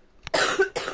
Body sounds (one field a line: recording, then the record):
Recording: coughing mixed with background sound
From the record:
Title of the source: 34 coughing up crap again